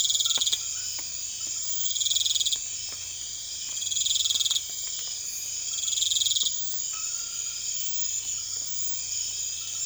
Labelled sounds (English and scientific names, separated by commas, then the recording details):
none
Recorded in secondary vegetation near Puerto Asís, Putumayo, Colombia, on 28 February 2025 at 23:30
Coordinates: 0.500, -76.326
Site GP04